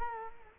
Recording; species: mosquito wingbeat signal from an infrared sensor; Culex quinquefasciatus